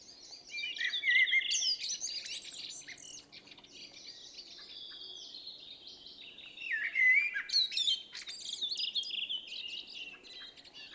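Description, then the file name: Common blackbird warbling in short fluted phrases with twittered endings, amid continuous high chirping. "Turdus merula"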